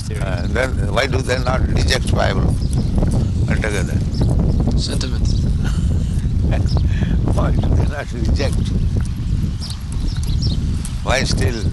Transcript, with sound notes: Then why do they not reject Bible altogether?
Sentiment.
[laughs] Why do they not reject? Why still?